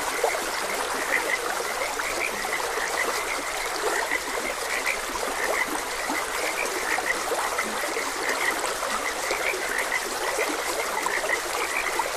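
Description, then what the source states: Many frogs calling together, scattered high chirps and low grunting croaks, set against a continuous trickle of running water. Frogs croaking beside a gentle stream.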